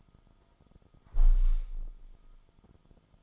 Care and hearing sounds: daily activity, microphone in the room; close window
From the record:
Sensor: 5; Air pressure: 1004.8 hPa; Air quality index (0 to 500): 84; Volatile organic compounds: 2 ppm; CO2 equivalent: 1003 ppm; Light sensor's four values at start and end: 34/79/32/31 and 34/79/32/31

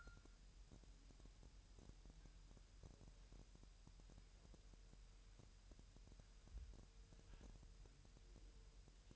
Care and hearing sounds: daily activity, microphone in the room; wipe stove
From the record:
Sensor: 2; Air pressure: 1000.8 hPa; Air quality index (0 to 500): 249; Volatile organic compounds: 99 ppm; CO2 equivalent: 3748 ppm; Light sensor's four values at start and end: 10/23/10/10 and 10/23/10/10

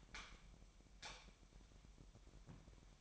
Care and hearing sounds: daily activity, microphone in the room; light off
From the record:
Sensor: 1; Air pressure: 1012.0 hPa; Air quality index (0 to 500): 236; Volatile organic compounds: 6 ppm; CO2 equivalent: 1879 ppm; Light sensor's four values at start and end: 18/50/20/22 and 15/35/15/17

